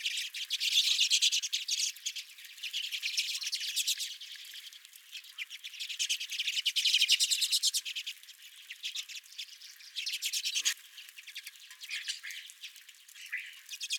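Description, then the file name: Redpolls calling, a dense chatter of rapid buzzy twittering notes from several birds, rising and falling in bursts throughout. Several redpolls at the recordist's own feeder. "Redpolls at My Feeder"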